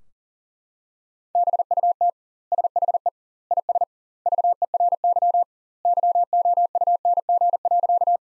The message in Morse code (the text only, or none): BUT SHE IS VERY YOUNG.